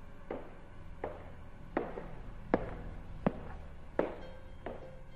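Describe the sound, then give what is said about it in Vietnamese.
A series of about seven dull, knocking thuds at a slow, steady pace, footsteps on the first floor downstairs, fairly soft over a low background hum. “Hắn muốn đóng cửa sổ lại thì bỗng dưng phát ra âm thanh cộc cộc cộc cộc. Cẩn thận nghe kỹ, hình như là tiếng bước chân ở dưới lầu 1.”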